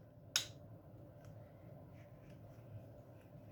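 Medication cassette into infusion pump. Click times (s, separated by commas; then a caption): 0.4 s. A medication cassette is hooked onto the bottom of an epidural/PCA infusion pump by its two small hooks and snaps into place with one sharp, loud click at 0.4 s. Only a few faint ticks and a steady low background hum follow. The cassette is seated on the pump.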